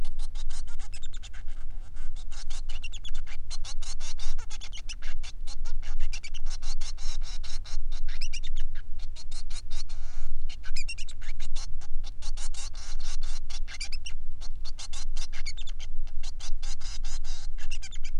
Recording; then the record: song of a male Bengalese finch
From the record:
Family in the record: son of father 3